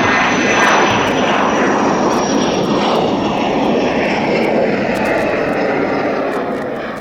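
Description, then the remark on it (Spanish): A loud, steady roar of airplane engines runs up to full power, a broad rushing drone with a thin high whine on top, easing off slightly at the very end. “Entonces, yo creo que podemos poner en marcha los motores y nos abrochamos los cinturones y nos ponemos rumbo a Padua.”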